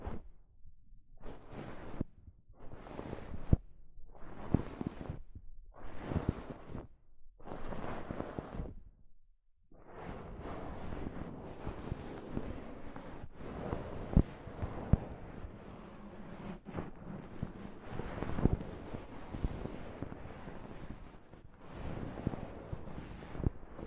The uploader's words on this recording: ASMR Mic Brushing using Soft Fabric (No Talking).